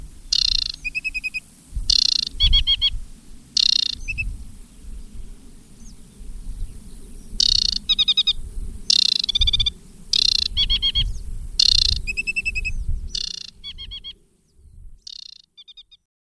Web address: agykontroll Madardalok Cd 3. Csíkosfejű nádiposzáta